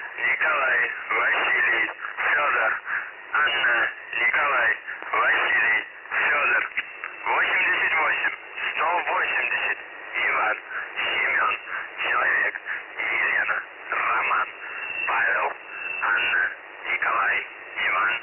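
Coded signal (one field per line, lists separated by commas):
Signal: numbers station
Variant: UVB-76, Russian voice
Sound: a single voice reading short separate words over a narrow, muffled radio channel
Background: radio static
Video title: The Buzzer/UVB-76 Voice Message (December 1, 2020 10:57 UTC)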